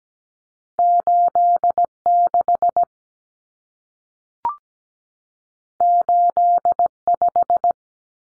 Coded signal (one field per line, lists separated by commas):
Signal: Morse code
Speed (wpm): 17 wpm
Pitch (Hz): 700 Hz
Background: none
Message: 86 85